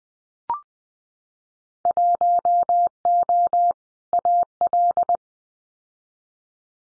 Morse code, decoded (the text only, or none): 1O AL